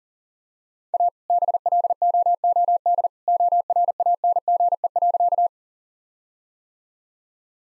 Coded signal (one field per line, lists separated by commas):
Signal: Morse code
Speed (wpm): 37 wpm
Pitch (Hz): 700 Hz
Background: none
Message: A BLOOD ORANGE.